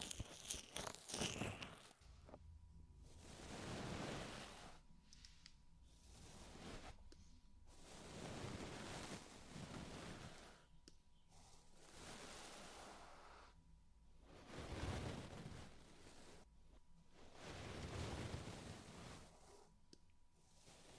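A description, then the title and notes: Deep ear massage: a crackly burst opens, then soft rushing swells of rubbing rise and fall every few seconds over a faint steady tone. ASMR Sleep With Deep Ear Massage (No Talking).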